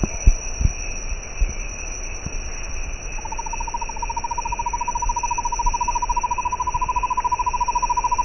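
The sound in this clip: Bird starts a quick, even trill after about three seconds of background hum and a few knocks, keeping it going steadily to the end.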